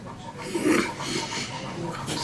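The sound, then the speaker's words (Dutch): A dog visiting residents with volunteers pants steadily in a soft, breathy rasp, its quick airy breaths running on without a break at moderate loudness, with faint murmurs of voices in the background. “En daarom is het fijn dat de honden langskomen.”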